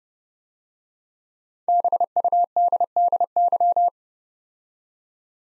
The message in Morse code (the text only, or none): BUDDY